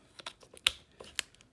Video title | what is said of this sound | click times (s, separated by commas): Marvel Legends SASQUATCH BAF Deadpool Wave Complete BAF | it in like so very small little click so this figure is coming together nicely | 0.7 s, 1.2 s